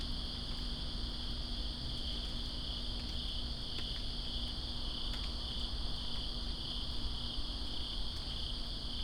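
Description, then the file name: Cricket chorus forms an unbroken high shimmering trill, while scattered raindrop ticks and a deep, constant rumble sit underneath. Crickets recorded in rain in Greensboro on 2 September 2017. "Greensboro Crickets And Rain-2017-09-02"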